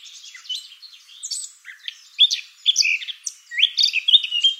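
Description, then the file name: Eurasian blackcap song: a fast, rich warble of chattering and fluty notes that builds in loudness, with clear whistled phrases toward the end. "Sylvia atricapilla"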